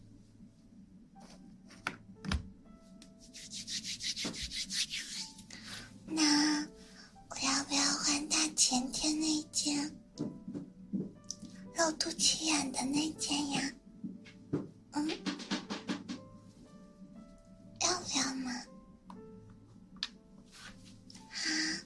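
Ear cleaning and ear massage: bursts of bright, scratchy rubbing come in uneven waves, loudest from about 7 to 13 seconds and again near 18 seconds, with brief quieter gaps between. A faint, steady low hum sits underneath throughout.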